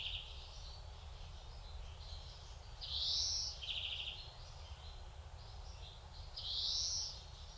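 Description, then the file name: European greenfinch calls: two loud rising upslurs, one followed by a short rattling trill, with fainter notes and a low steady rumble. "Chloris chloris"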